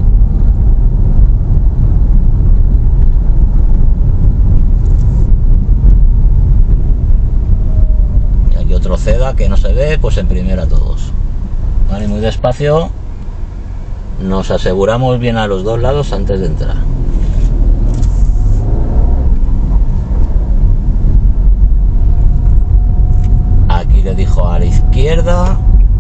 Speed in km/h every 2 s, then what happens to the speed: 28, 28, 25, 21, 16, 6, 3, 0, 13, 19, 23, 24, 24.
0-13 slows to 0. 14-19 pulls away to 23. 19-26 steady at about 24.